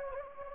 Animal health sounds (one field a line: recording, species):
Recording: mosquito wingbeat signal from an infrared sensor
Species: Anopheles gambiae